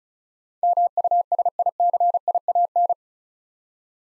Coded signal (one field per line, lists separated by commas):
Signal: Morse code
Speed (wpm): 36 wpm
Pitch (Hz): 700 Hz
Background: none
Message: MUSICIAN